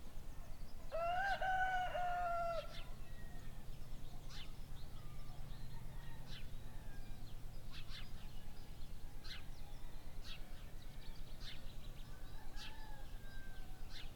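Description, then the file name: Chicken: rooster crowing once, a drawn-out cock-a-doodle-doo lasting about two seconds near the start, followed by low rumbling background and scattered chirps from small birds. Several roosters crowing in the early morning, recorded as an ambience. "freesound Early morning roosters"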